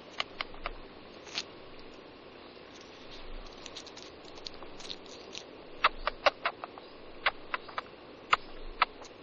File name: veverka obecna sciurus vulgaris